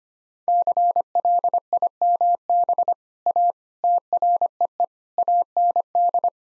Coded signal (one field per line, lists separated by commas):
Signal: Morse code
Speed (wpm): 25 wpm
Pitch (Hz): 700 Hz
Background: none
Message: CLIMB A TREE AND